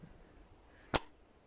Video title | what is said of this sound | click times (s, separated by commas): Changer son filtre à air BMW F900XR F900R | ne faut que ça en place ou c'est bien vous allez entendre un clic voilà | 1.0 s